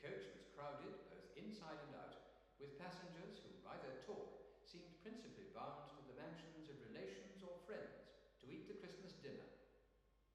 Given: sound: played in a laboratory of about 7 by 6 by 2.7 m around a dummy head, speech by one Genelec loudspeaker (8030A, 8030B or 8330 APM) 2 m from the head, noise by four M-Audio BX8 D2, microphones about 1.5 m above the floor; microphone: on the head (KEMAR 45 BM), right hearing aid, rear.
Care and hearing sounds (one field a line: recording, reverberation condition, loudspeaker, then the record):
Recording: male speech in English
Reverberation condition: high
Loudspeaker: 90 degrees to the right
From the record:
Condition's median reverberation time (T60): about 1300 ms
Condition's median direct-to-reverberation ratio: about -4.0 dB